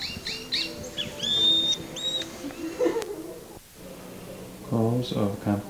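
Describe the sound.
Bird chirps in short whistled notes and slurred doubles, followed by low harmonic sounds toward the end.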